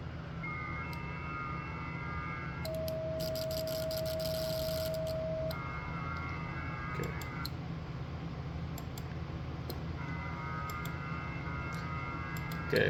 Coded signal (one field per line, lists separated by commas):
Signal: FT8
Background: speech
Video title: ft8 on xiegu x6100 ham radio battery power 5w